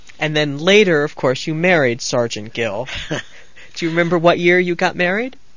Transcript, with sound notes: And then later, of course, you married Sergeant Gill. (laughs) Do you remember what year you got married?